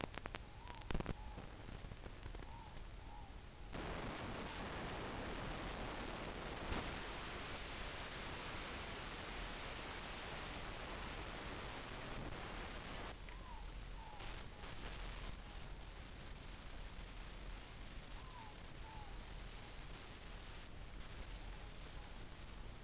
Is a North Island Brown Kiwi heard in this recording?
no